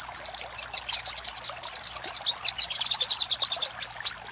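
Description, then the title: Little spiderhunter singing a steady, rapid series of high, sharp chips. Master recording used for training cage birds. "Sogok Ontong Labaik"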